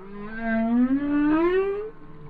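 Whale song: a single long tonal moan rising steadily in pitch over about two seconds, rich in harmonics, fading at the end.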